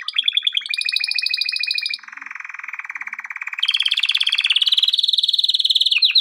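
Canary song of continuous rolling trills, dropping to a lower buzzy tour midway, then rising to a bright fast high trill.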